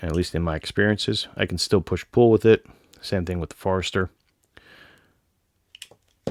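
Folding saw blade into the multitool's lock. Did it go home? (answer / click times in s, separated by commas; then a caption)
yes / 6.3 s. Someone talks, then after a short quiet stretch with a few faint clicks, the folding saw blade on a pocket multitool is swung open. Its lock engages with a sharp metallic click at 6.3 s, and the blade seats locked open.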